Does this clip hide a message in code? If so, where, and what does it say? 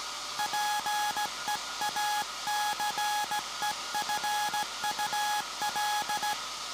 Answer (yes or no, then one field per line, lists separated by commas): yes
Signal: Morse code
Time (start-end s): 0.4-6.3 s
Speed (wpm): 17 wpm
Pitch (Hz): 840 Hz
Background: none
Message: PEACEFUL